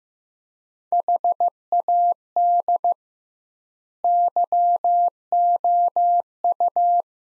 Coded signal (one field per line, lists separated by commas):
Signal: Morse code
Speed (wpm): 15 wpm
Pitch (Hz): 700 Hz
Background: none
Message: HAD YOU